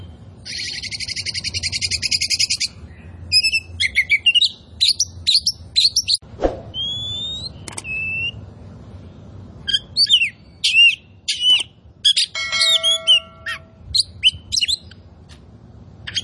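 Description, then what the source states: Oriental magpie-robin opens with a long buzzy trill, then delivers varied whistles, slurred notes and a thin chattering passage in quick succession. Indonesian name kacer poci; described as gacor, singing actively and constantly.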